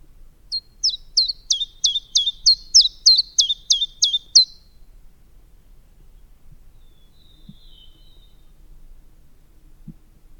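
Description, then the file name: Common chiffchaff singing a quick series of many high, clipped descending notes at an even pace, then several seconds of near silence. "Golosa ptic i zverei - Penochka-tenkovka"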